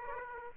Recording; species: mosquito wingbeat signal from an infrared sensor; Aedes aegypti